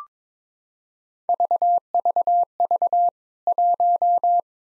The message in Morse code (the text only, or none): VVV 1